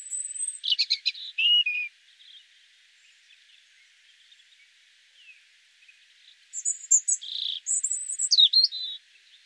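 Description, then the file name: European robin singing two separate high phrases, each a mix of thin drawn-out whistles and quick liquid trills, with a quiet pause between them. "Erithacus rubecula"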